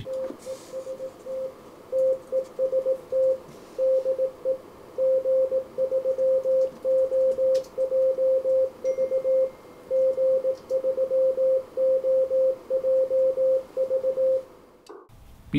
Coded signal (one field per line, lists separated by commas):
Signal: Morse code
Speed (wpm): 18 wpm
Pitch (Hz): 520 Hz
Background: radio noise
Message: TEST TEST DE G3OJV G3OJV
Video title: Ham Radio Dead Bands? - Quick and Easy Checks you can make at any time.